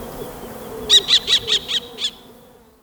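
Kestrel giving a single run of six shrill, piercing notes that slow slightly toward the end, then fading into quiet background.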